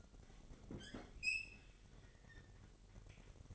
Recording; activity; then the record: daily activity, microphone in the room; open fridge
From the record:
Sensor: 4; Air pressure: 1002.8 hPa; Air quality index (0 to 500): 248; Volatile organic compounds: 19 ppm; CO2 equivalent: 2648 ppm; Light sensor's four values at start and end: 4/9/3/4 and 4/9/3/4